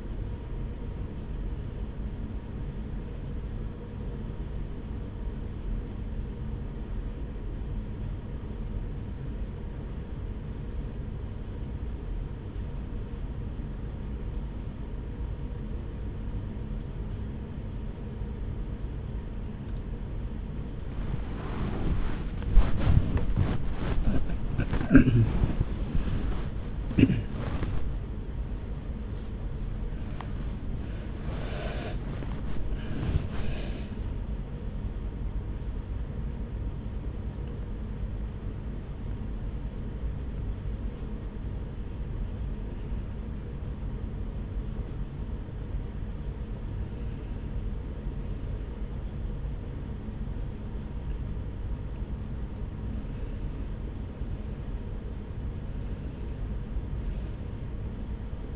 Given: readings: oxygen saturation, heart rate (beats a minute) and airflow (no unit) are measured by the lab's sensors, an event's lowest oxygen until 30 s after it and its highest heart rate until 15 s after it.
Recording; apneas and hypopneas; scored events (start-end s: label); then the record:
a person awake in a sleep study, by a smartphone at the bedside; 2
3.00-21.80 s: hypopnea (N1, oxygen 95% highest, then 94% lowest)
19.00-49.00 s: new sleep stage, awake
19.00-52.00 s: awake
41.00-54.30 s: hypopnea (scored as awake, oxygen 95% highest, then 91% lowest)
49.00-58.56 s: new sleep stage, N1 (lightest sleep)
From the record:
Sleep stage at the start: N1 (lightest sleep); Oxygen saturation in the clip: 92 to 95%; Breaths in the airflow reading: 13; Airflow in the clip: -6.1 to 12.7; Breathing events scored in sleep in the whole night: 335 in 6.7 hours asleep